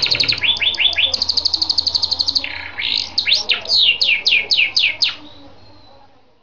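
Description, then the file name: Lancashire canary sings a quick rattle and rolling buzzy trill, then about eight loud downward-slurred chirps, each roughly a quarter second apart, before fading. "kenari lancashire"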